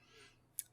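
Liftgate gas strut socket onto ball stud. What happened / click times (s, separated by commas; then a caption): The socket snapped partway onto its stud but is not fully seated / 0.6 s. The lower end socket of a replacement liftgate gas strut on a 2003 Honda Pilot is pushed onto its metal ball stud. After a faint hiss, a single sharp click sounds at 0.6 s. The socket clicks on but is not fully seated yet.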